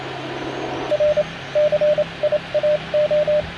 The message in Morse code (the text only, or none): R CIAO